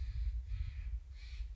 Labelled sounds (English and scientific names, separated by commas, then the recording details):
Steller's Jay (Cyanocitta stelleri)
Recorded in Sonoma County, California